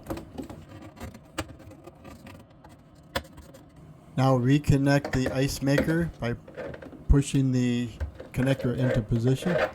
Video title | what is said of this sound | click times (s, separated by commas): How to Replace a Samsung Upper Ice Maker | back up into this position until it snaps into place | 1.4 s, 3.2 s